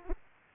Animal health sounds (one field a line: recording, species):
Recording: mosquito wingbeat signal from an infrared sensor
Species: Aedes aegypti